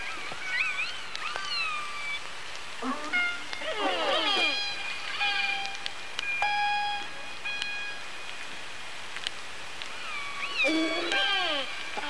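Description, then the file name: Killer whale calls in busy overlapping series, bending upward and downward, mixed with long steady tones and sharp clicks. Resident killer whales, matriline I15 of the G-clan, producing pings. "Resident Orca I 15 Pings-G-Clan"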